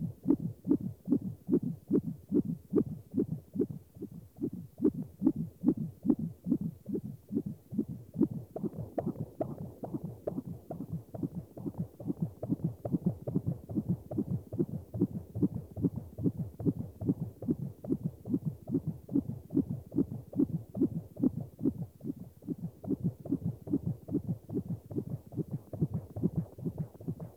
Fetal heartbeat.